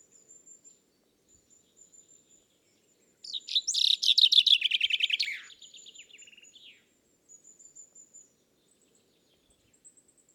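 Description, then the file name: Common chaffinch song: one loud, two-second descending rattle of rapid notes ending in a flourish, then softer trailing notes, with a thin high whistle held in the background. "Fringilla coelebs"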